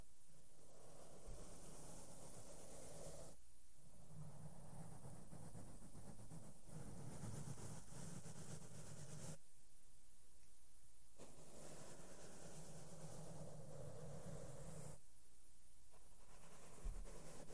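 Soft brushes sweep across a close microphone in a steady, dense hiss with a low rumbling undertone. The brushing pauses briefly around four, ten and fifteen seconds, then resumes, and a light tap on the mic lands near the end.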